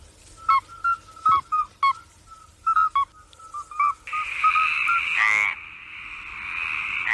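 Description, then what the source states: Mediterranean tree frog call, a harsh continuous rasping croak taking over midway, preceded by short clear whistled notes. Played recording; call described as having more character and being less refined; frog calls are usually made by males during the breeding period.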